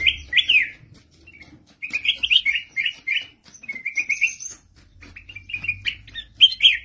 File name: suara kutilang mas